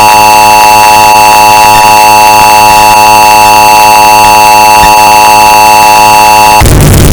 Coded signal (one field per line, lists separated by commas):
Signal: Emergency Alert System (SAME) tones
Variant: 853 and 960 Hz attention tone